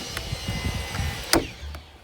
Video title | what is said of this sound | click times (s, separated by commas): DIY Windshield Spray Nozzle Replacement for 2007 - 2012 Jeep Liberty | pops right in pretty easy easy peasy | 1.3 s